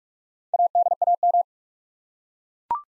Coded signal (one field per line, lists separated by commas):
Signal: Morse code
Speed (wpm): 43 wpm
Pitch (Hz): 700 Hz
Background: none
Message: ADAM